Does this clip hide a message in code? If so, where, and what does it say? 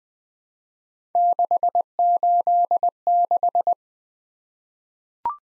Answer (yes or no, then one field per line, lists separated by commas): yes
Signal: Morse code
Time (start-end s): 1.2-3.7 s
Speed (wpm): 20 wpm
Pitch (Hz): 700 Hz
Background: none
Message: 686